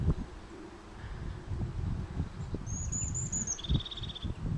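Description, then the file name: European crested tit: a thin, very high chittering run of notes dropping into a short purring trill, heard once over steady low rumbling background noise. "Haubenmeise"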